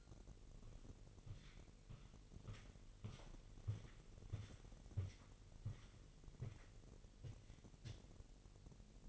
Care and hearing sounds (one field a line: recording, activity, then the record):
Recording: daily activity, microphone in the room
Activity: walk to room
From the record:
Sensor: 4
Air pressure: 1002.9 hPa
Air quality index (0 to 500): 249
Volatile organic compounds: 10 ppm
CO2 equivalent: 2241 ppm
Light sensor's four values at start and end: 12/28/11/11 and 10/24/10/9